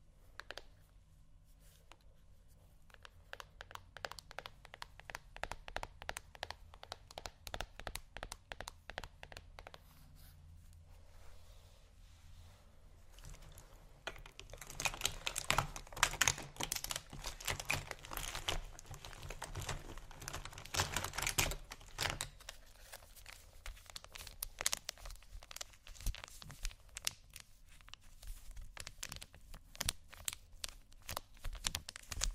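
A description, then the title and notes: Someone rummages through a makeup bag, producing a steady run of small clicks, taps and clattering knocks. Sparse at first, the handling grows busier and louder from about 14 seconds, with dense bright rattling and scraping through the middle, then continues in quick irregular bursts. ASMR Rummaging Through My Makeup Bag （No Talking）.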